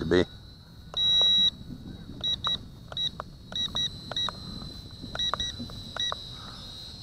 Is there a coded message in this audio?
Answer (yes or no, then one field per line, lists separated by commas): no